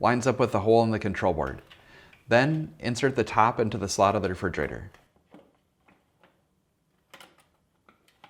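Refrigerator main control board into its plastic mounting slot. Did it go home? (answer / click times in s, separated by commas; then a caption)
no / none. Someone talks while a Samsung refrigerator main control board, part DA92-00384L, is lined up so the pin protruding from the refrigerator fits the hole in the board, and its top edge is inserted into the slot in the refrigerator's plastic housing. After the talking stops at about 5 seconds, only faint, light positioning ticks are heard. The board has not been pushed in and has not clicked or locked into place yet.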